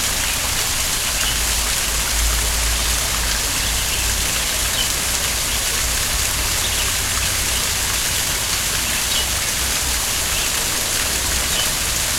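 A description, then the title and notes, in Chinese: A waterfall rushes without pause, a dense, even hiss of falling water that stays bright and steady from start to finish. Under it runs a low, constant rumble, and the whole sound holds the same level throughout with no distinct events. 哗哗瀑布声给你一份清爽-深山录制。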